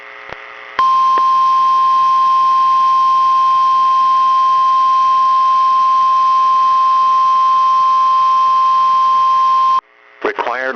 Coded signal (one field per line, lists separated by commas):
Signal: Emergency Alert System (SAME) tones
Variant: 1050 Hz attention tone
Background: speech